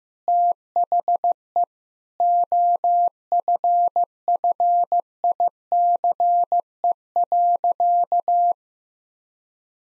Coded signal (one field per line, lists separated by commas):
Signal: Morse code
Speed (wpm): 15 wpm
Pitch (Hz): 700 Hz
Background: none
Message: THE OFFICE.